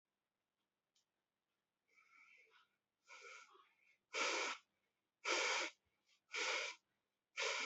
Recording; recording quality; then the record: shallow breathing; excellent, no background noise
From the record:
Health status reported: healthy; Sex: male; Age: 25 years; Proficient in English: yes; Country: India